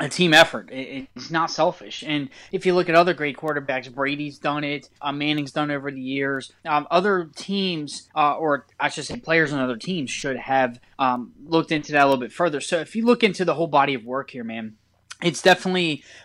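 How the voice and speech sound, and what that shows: A man talks fluently about football in a relaxed, casual monologue, with clear, typical adult speech.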